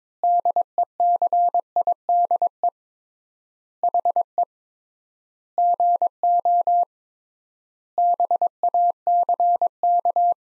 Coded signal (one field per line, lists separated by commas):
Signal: Morse code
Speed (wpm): 22 wpm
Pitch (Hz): 700 Hz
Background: none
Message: DECIDE HE GO BACK